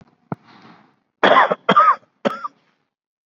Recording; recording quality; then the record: shallow voluntary cough; excellent, no background noise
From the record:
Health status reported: COVID-19 positive, mild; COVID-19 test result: positive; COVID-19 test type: RT-PCR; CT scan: not taken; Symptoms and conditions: sore throat, diabetes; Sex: male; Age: 62 years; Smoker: no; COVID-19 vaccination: none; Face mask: worn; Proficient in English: no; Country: India